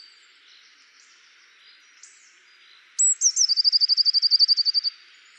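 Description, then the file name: Eurasian blue tit trilled song: a few thin high notes, then a fast, even trill of many short notes lasting under two seconds. "Cyanistes caeruleus"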